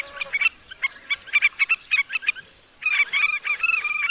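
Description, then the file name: African skimmer giving sharp, high yapping calls in quick irregular bursts, a busier run of overlapping notes in the second half. "afrikai olloscsorumadar hangja"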